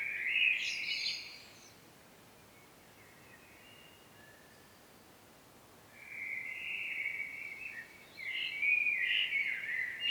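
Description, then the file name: Common blackbird song: a mellow fluted phrase with a high twitter, a quiet pause, then two more warbled phrases, the last rising into squeaky high notes. "Turdus merula"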